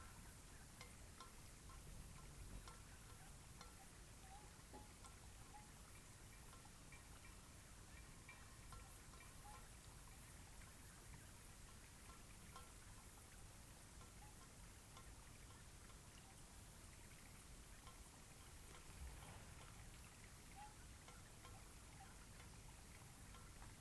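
A cloudy night beside Taylor Lake: a steady, even hiss like light rain, with faint thin tones and scattered soft ticks throughout.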